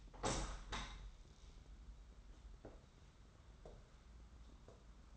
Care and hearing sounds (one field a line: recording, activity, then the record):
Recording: daily activity, microphone in the room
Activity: open window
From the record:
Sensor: 3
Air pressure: 994.3 hPa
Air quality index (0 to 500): 207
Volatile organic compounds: 1000 ppm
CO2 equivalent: 6932 ppm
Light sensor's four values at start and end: 98/234/94/87 and 111/258/106/99